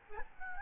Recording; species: mosquito wingbeat signal from an infrared sensor; Aedes albopictus